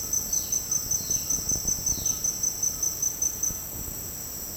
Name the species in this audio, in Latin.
Cyanocorax violaceus, Ramphastos tucanus